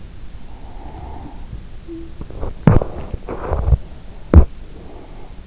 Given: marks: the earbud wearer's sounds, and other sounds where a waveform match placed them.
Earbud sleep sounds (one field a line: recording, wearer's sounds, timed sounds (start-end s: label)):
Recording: sounds in sleep by an in-ear microphone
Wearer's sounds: breath, talking in sleep, teeth grinding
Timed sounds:
0.45-1.63 s: breath
1.84-2.20 s: talking in sleep
2.30-3.75 s: teeth grinding
4.30-4.56 s: teeth grinding